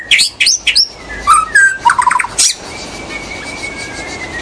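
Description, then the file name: White-rumped shama giving a quick burst of loud whistles, clicks and short trills, then a faint sustained whistle over quiet background. In the forest. "murai batu di hutan"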